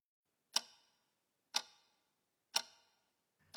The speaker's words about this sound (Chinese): 特产店的墙上时钟滴滴答答地响着，皮夹克男人闭上眼睛，不多时呼噜声响起，洪亮如打雷，渐渐盖过了时钟的滴答声。